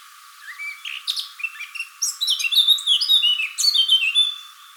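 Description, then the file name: Eurasian blackcap song: a rapid, varied warble of chirps and fluty notes, building in loudness into dense bursts of scratchy and clear whistled phrases for about four seconds. "Sylvia atricapilla"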